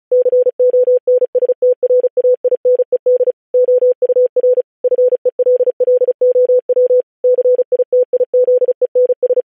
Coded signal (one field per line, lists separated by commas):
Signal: Morse code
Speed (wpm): 36 wpm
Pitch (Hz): 500 Hz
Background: none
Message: CONSTRAINED OUR FELLOW CITIZENS